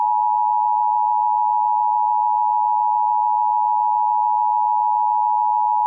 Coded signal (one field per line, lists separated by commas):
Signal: Emergency Alert System (SAME) tones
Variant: 853 and 960 Hz attention tone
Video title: Tornado Warning (Wayne County, TN) (4/5/25) [EAS #126]